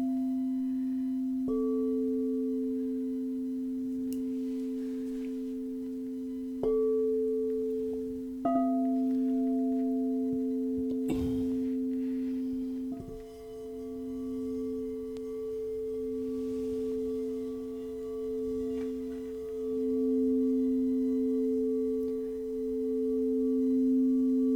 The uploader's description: crystal singing bowls and soothing vocals